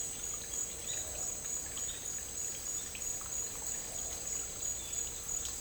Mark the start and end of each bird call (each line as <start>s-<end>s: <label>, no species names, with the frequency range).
0.84s-2.14s: bird call (2.0-4.7 kHz)